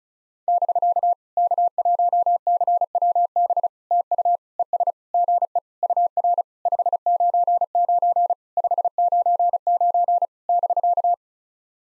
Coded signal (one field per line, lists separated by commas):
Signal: Morse code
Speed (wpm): 36 wpm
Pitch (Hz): 700 Hz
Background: none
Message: <BK> K1CWB TU ES GE UR 599 599 <BK>